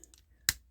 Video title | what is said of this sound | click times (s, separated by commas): Transformers legacy united sandstorm/ review | so each one has a little click so I recommend just kind of feeding them in one by one and then | 0.0 s, 0.1 s, 0.5 s